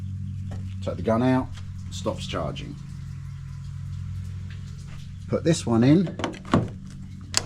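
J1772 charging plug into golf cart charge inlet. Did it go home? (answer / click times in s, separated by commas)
yes / 7.4 s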